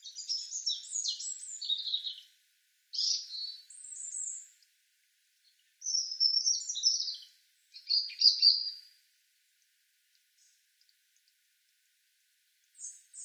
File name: Erithacus rubecula